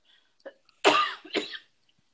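Two harsh, forceful coughs in quick succession from an adult woman, brought on by food: jerk chicken made with too much seasoning, possibly eaten too fast.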